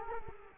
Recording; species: mosquito wingbeat signal from an infrared sensor; Culex quinquefasciatus